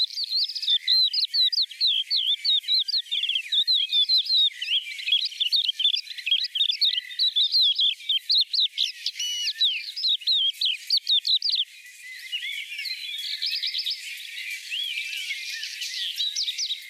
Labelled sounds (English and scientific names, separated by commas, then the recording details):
Crested Lark (Galerida cristata) song
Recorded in the wild
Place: Breisach im Breisgau, Baden-Württemberg, DE
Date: 1986-05-25
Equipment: Uher Report Monitor
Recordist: Schwarz, Dieter
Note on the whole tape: Song